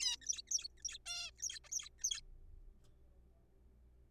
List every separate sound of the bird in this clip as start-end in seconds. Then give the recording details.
0.01-0.16, 0.22-0.26, 0.27-0.41, 0.47-0.51, 0.51-0.68, 0.78-0.82, 0.85-0.98, 1.06-1.31, 1.39-1.59, 1.64-1.68, 1.69-1.71, 1.72-1.89, 1.99-2.04, 2.04-2.20. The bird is a juvenile. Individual R3428